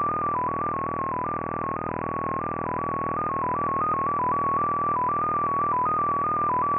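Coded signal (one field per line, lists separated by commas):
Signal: multi-tone FSK (Olivia or MFSK type)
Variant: XPA2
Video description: XPA2 is a digital mode of the Russian 7 operator. It utilizes a custom 14-tone MFSK system.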